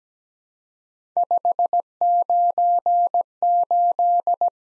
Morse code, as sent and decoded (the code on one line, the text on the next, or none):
..... ----. ---..
598